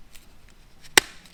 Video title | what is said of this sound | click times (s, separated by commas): PDP Fuel Kit 200 Drivers Side DIY install Tips and Tricks | you're just going to hear it click that line there is going to end up about here so | 1.0 s